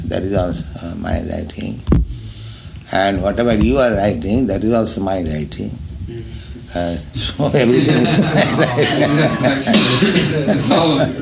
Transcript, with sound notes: That is also my writing. And whatever you are writing, that is also my writing. [laughs] So everything is all right.